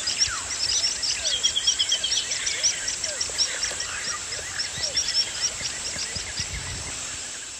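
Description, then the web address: Swallow-winged puffbird flight calls: many thin, high twittering notes throughout, over a steady high hiss. Group of birds giving flight calls; eastern lowlands of South America. "Natures Songs S America Eastern Lowlands. Chelidoptera tenebrosa, group flight calls"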